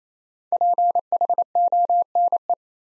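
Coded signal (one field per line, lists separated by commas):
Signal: Morse code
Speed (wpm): 28 wpm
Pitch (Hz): 700 Hz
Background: none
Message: PHONE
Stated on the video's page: Morse practice set of easy words at 28 wpm with contextual hints, a copying drill.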